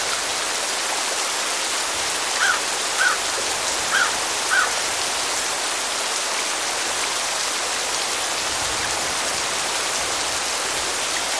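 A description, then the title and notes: Gentle rain falls in a steady, dense hiss that stays even from start to finish, brightest in the upper range with little low rumble. Four short, soft calls sound between about two and a half and four and a half seconds, then only the rain continues. Cemetery Rainstorm #2. The soothing sounds of a rainstorm in a cemetery.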